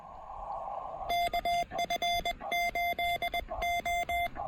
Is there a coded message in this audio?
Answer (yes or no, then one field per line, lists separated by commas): yes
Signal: Morse code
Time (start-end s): 1.1-4.3 s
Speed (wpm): 20 wpm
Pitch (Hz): 690 Hz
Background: none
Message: KF8O